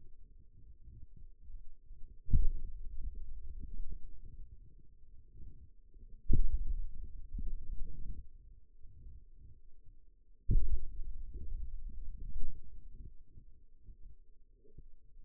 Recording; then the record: forearm muscle sounds (acoustic myography)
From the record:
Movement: pen grasping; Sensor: system 2, bracelet of six BSWA MPA416 microphones around the upper forearm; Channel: 3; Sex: male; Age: 22 years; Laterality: right